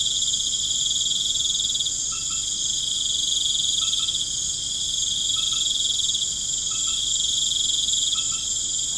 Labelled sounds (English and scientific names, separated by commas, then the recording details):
none
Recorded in pastures near Puerto Asís, Putumayo, Colombia, on 12 March 2025 at 20:00
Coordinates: 0.505, -76.324
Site GP08